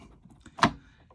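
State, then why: Seated. A retaining tab is lined up with the hole and pressed down over the lock cylinder in a Rambox bed divider, during a key cylinder replacement for a lost key. Faint ticks lead up to one loud, sharp click at 0.6 s, and the tab locks down, holding the cylinder in place.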